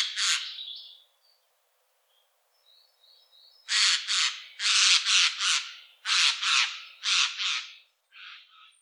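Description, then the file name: Eurasian jay giving loud harsh rasping screeches, one at the start, then a series of them in quick succession for about four seconds. "Garrulus glandarius"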